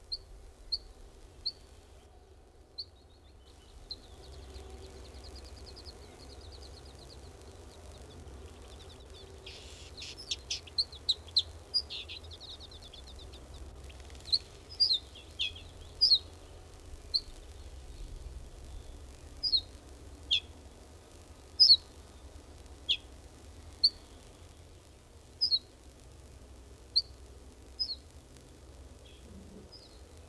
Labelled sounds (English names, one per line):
Ortolan Bunting